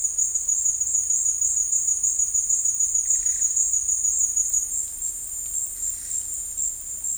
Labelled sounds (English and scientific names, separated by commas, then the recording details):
none
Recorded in dense forest near Puerto Asís, Putumayo, Colombia, on 19 February 2024 at 13:00
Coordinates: 0.485, -76.318
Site G6408